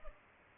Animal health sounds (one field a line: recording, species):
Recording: mosquito wingbeat signal from an infrared sensor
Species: Culex pipiens